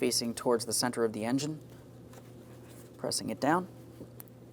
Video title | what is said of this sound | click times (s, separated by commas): How to Replace Spark Plugs 2007-2014 Ford Edge 3.5L V6 | Audible click. | 4.2 s